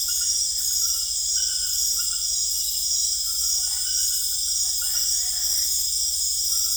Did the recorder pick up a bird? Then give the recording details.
no. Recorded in secondary vegetation near Puerto Asís, Putumayo, Colombia, on 20 December 2024 at 20:00. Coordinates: 0.488, -76.319. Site GP04